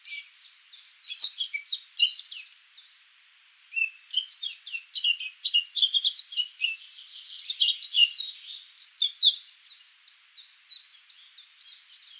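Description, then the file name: Eurasian blackcap singing energetic warbled phrases separated by a brief pause, with quick repeated notes and scratchy flourishes throughout. "Sylvia atricapilla"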